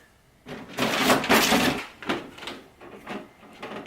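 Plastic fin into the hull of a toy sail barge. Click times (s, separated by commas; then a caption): 2.0 s, 2.1 s. A plastic fin is pressed into its slot on the hull of a large plastic toy Jabba's Sail Barge "The Khetanna." Loud plastic rustling and handling are heard, followed by sharp snaps at 2.0 and 2.1 seconds as the fin clicks into place. Softer handling noises continue afterward.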